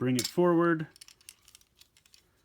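Someone talks briefly while bringing the plastic piece on the other leg of a Shinkansen Henkei Robo Shinkalion DXS04 E3 Tsubasa transforming robot toy forward so it will lock into place. After the talking stops, faint plastic ticks and rattles are heard around 1.3, 1.5, 1.6, 1.8 and 2.1 seconds as the piece is handled. Nothing has seated or clicked into place yet.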